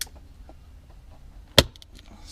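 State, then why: Seated. A tail light bulb for a 1997 GMC Suburban, turned the way it likes to go, is pressed into its plastic socket. After a quiet stretch with faint handling noise, a sharp snap at 1.6 s marks the bulb seating, followed by a few small ticks. The bulb is snapped in.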